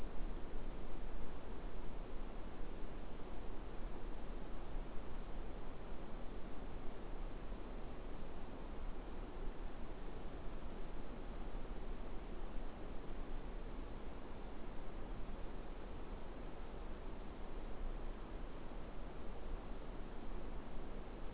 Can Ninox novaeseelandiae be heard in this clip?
no